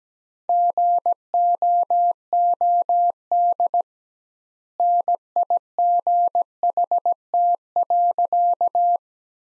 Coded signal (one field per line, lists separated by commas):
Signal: Morse code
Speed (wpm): 17 wpm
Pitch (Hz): 700 Hz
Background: none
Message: GOOD NIGHT.